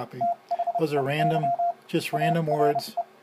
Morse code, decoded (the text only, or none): THEY ARE